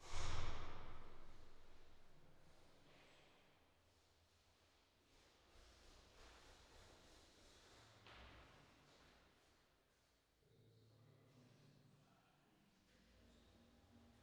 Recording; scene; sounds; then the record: everyday scene through a hearing-aid microphone; reverberant space; speech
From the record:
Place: staircase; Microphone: in the ear canal, left